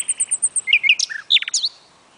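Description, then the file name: Common nightingale song: a quick string of high piping notes followed by slurred whistles and harsh chacking notes, then silence. "Luscinia megarhynchos"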